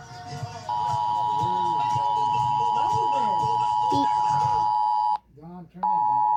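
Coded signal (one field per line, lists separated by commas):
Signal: Emergency Alert System (SAME) tones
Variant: 853 and 960 Hz attention tone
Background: speech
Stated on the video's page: Fictional simulated alert scenario.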